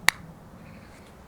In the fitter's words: When the lid is closed correctly, you'll hear a loud click.